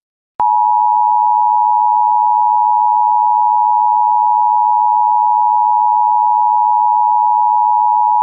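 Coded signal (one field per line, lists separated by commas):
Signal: Emergency Alert System (SAME) tones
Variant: 853 and 960 Hz attention tone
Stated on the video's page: Mock EAS scenario made with mobile apps.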